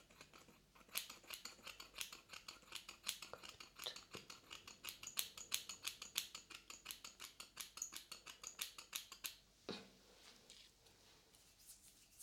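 Scissors snip rapidly and steadily, a dense run of crisp, bright metallic clicks from about one second to nine and a half seconds. A sharper clack lands near ten seconds, then the cutting slows into softer, scattered snips with a faint hiss underneath.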